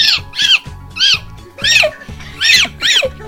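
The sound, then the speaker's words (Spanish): A voice imitates dolphin squeaks: about six high, arching squeals in a quick, steady rhythm, each rising then falling in pitch over a buzzy lower vocal tone, fairly loud throughout. “En la semana, un delfín le dice a otro, un delfín, delfín, le dice al otro.”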